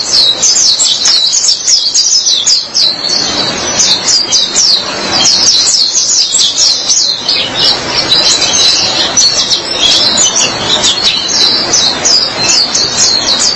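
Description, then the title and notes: White-eye song, a continuous stream of fast, high, sweet chirps and trills with barely a pause, over steady background hiss. "Suara kicauan burung pleci"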